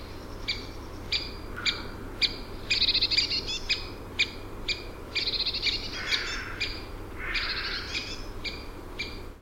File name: pic epeichette